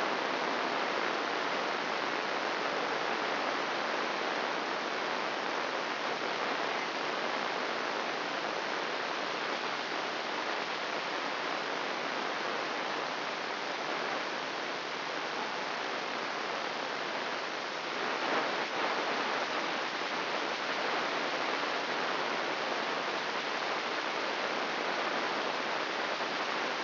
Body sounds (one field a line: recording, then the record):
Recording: brain microelectrode recording played as sound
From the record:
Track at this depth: outside the subthalamic nucleus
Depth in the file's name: 0.115 mm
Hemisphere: left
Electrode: 3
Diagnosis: Parkinson's disease